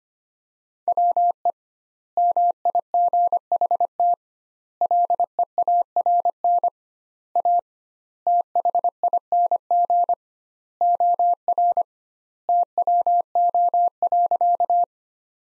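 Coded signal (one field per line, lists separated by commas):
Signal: Morse code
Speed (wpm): 25 wpm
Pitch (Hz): 700 Hz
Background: none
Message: WE MIGHT LEARN A THING OR TWO.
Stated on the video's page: Practice sentences from top 300 words at 25 wpm with 2x word-spacing, a word-based approach analogous to Farnsworth.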